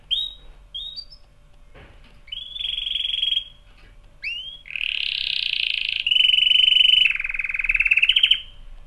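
Canary song: clear chirps lead into long buzzy rolling trills that shift in pitch from phrase to phrase, with one lower, rattling tour near the end.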